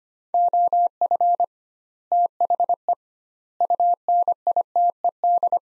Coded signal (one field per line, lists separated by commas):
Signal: Morse code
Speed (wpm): 25 wpm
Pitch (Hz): 700 Hz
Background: none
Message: OF THE UNITED